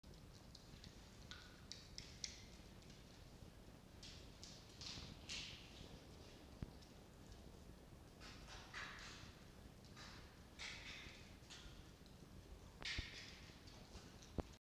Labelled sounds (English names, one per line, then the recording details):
Red Fox
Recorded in captivity
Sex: male
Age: juvenile
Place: Zoologisches Institut der HUB, Berlin, DE
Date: 1952-12-08 19:00
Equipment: Elmetra
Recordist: Tembrock, Günter
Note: Toni (gegen Mucki): stimmloses Keckern und helles Keckern